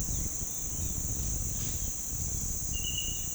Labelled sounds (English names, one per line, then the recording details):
none
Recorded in pastures near Puerto Asís, Putumayo, Colombia, on 29 June 2025 at 08:30
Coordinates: 0.466, -76.322
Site GP07